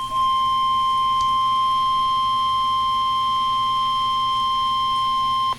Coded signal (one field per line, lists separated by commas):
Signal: Emergency Alert System (SAME) tones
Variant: 1050 Hz attention tone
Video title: EAS # 12 Severe Thunderstorm Warning 10/5/13